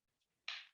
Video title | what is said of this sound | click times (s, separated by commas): How To Simplify Pool Care With Smart Pool Chemistry Technology . | you'll hear a click you throw it back in the pool and the app calibrates the unit itself | 0.5 s